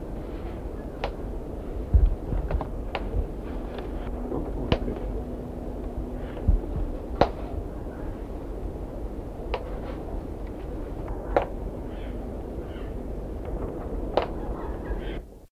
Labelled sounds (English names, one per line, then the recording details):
Brown Wood Owl
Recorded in captivity
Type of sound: threatening call
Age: adult
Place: Vogelpark Bad Schwartau, Schleswig-Holstein, DE
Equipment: Halbspur, 9,5 cm/s
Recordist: Lütgens, Hans
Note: Drohen durch Schnabelkappen